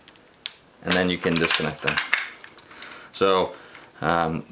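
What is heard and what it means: A sharp plastic click at 0.5 s as the big tab on the back of a black and white two-pin plastic turn-signal connector is pressed on a 2017+ Yamaha R6 rear subframe harness during a Vagabond Motorsports VM-YR610 fender eliminator install. The latch clicks open, releasing the connector so it can be unplugged. Someone talks afterward.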